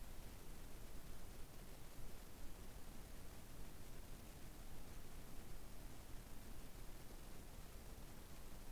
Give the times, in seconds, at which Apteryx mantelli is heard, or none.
none